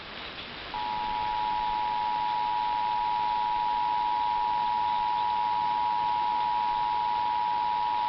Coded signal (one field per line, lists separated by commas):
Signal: Emergency Alert System (SAME) tones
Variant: 853 and 960 Hz attention tone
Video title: Catchup and Mustard EAS Alerts (EAS 61-70)